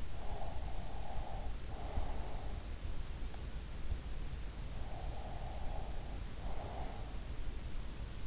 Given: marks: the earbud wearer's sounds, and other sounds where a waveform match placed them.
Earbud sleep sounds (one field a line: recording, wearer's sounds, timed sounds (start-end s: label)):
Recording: sounds in sleep by an in-ear microphone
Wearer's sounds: breath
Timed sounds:
0.00-2.96 s: breath
4.48-7.21 s: breath